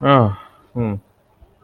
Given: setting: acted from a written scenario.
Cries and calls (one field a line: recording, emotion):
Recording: vocal sound without words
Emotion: realization